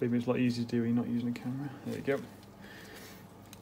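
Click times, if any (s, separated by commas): 3.5 s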